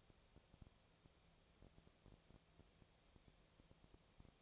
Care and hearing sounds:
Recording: daily activity, microphone in the room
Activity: no activity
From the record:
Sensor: 1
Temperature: 19.6 degrees Celsius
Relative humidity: 36.5%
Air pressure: 997.0 hPa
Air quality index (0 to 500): 204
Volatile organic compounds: 129 ppm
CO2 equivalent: 3924 ppm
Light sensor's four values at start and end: 1/2/1/1 and 1/2/1/1

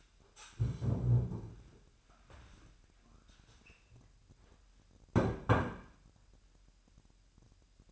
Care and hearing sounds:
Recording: daily activity, microphone in the room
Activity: stand up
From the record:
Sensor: 2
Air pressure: 998.4 hPa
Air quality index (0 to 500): 130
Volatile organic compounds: 3 ppm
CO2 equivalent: 1468 ppm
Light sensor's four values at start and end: 11/27/11/12 and 10/24/10/11

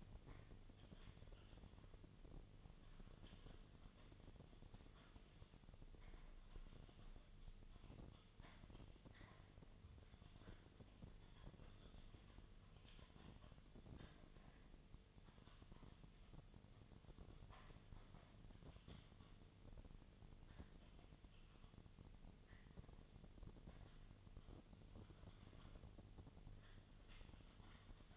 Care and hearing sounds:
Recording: daily activity, microphone in the room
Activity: typing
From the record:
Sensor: 4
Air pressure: 1010.3 hPa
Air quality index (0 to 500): 179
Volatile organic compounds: 5 ppm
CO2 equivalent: 1818 ppm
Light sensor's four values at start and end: 32/96/37/37 and 32/95/37/37

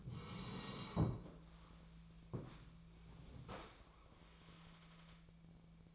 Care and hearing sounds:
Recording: daily activity, microphone in the room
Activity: sit down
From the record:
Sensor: 1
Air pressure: 1000.4 hPa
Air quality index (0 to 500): 176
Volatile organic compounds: 4 ppm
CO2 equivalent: 1633 ppm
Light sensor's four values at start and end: 13/30/13/14 and 12/30/12/14

